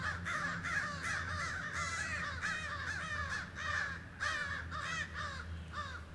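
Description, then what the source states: Crows squawking in a harsh, overlapping chorus, several birds cawing rapidly and irregularly, with a steady low hum underneath throughout. Crows squawking during a fight.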